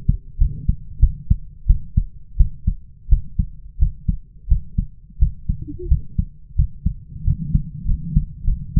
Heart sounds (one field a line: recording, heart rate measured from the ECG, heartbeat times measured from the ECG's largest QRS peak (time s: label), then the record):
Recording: heart sounds by stethoscope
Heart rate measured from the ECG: 89 bpm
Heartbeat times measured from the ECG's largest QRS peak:
0.38 s: heartbeat
1.00 s: heartbeat
1.67 s: heartbeat
2.37 s: heartbeat
3.09 s: heartbeat
3.79 s: heartbeat
4.48 s: heartbeat
5.19 s: heartbeat
5.88 s: heartbeat
6.56 s: heartbeat
7.24 s: heartbeat
7.85 s: heartbeat
8.45 s: heartbeat
From the record:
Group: healthy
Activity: rest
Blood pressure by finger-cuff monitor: 90/56 mmHg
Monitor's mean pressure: 67 mmHg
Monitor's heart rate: 86 bpm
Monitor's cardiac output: 8 L/min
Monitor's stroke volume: 86 mL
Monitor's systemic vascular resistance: 650 dyn s/cm5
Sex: female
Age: 22 years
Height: 157 cm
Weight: 47.6 kg